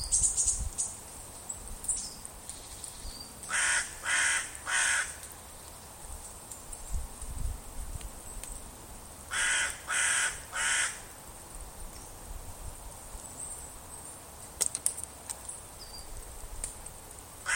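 Bird giving two bursts of three harsh caws each, separated by quieter stretches.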